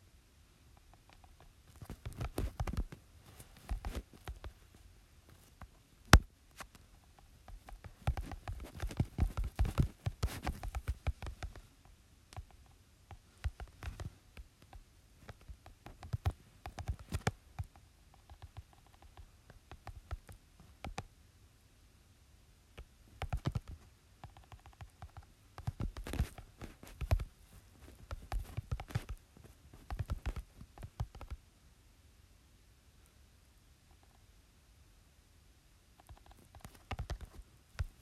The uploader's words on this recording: 𝗹𝗼𝗳𝗶 𝘀𝗰𝗿𝗲𝗲𝗻 𝘁𝗮𝗽𝗽𝗶𝗻𝗴 𝗮𝗻𝗱 𝘁𝘆𝗽𝗶𝗻𝗴 𝗔𝗦𝗠𝗥. 𝚜𝚌𝚛𝚎𝚎𝚗 𝚝𝚊𝚙𝚙𝚒𝚗𝚐 𝚊𝚗𝚍 𝚝𝚢𝚙𝚒𝚗𝚐 𝚊𝚜𝚖𝚛 𝚜𝚘𝚞𝚗𝚍𝚜.